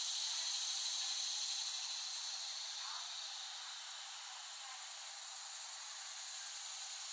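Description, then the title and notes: Cicadas producing a continuous shimmering buzz that eases slightly in volume after the first seconds. Cicadas in West Brighton, Staten Island, late summer 2008, by Dan Bodah. "Dronecast No. 021: The Cicadas of Summer. Recording of cicadas made by Dan Bodah in West Brighton, Staten Island, late summer 2008"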